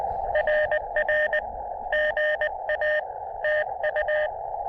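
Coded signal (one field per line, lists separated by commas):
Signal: Morse code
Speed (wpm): 20 wpm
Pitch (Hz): 600 Hz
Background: radio noise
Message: RR GA TU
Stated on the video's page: Summits On The Air QRP activation with an Elecraft KX2 and a Chameleon CHA MPAS Lite antenna on Bearwallow Mountain.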